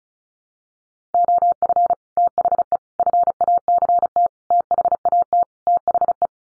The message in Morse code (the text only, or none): OF THE FACT THAT THE